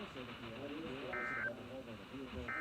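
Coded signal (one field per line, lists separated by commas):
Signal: Emergency Alert System (SAME) tones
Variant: end-of-message bursts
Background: speech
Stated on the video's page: Tornado warning received live from weather radio station WXL46 during a particularly dangerous situation day.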